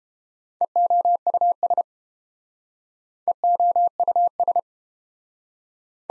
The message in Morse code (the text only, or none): EOUS EOUS